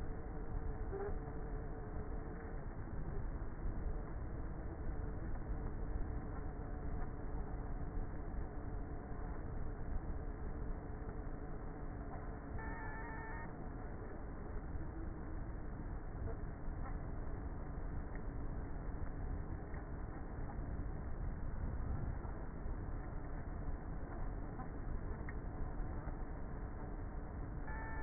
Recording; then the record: honeybee colony, microphone inside the hive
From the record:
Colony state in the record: queenless with a low population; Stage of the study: before two queens were removed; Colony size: about 30,000 bees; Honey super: no